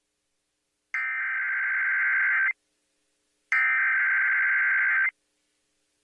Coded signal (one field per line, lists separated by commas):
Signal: Emergency Alert System (SAME) tones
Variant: header bursts